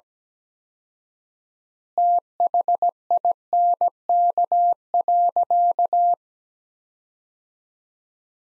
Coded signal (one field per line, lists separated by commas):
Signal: Morse code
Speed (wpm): 17 wpm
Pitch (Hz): 700 Hz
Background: none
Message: THINK.